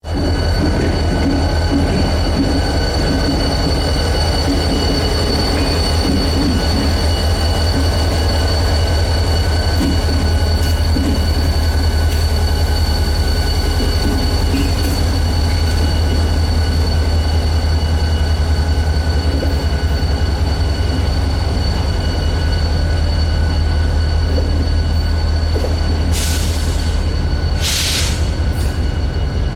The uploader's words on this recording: A train rolls down a track through a park toward a grain mill off camera.